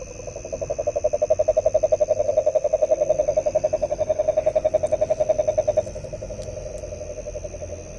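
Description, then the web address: Frog calls, a low buzzy pulsing repeated about four times a second, rising in strength, then stopping sharply near the end, leaving a faint steady hum. Recorded 23 January 2022 between 21:00 and 23:00. "frog rec 21-23 20220123"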